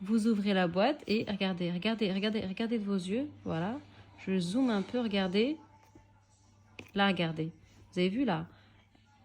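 A woman talks while the lid of a decorative storage box with a magnetic closure is closed onto the box body. A single short, sharp click is heard at 6.8 s in a quiet gap between her speech. The lid snaps shut and seats.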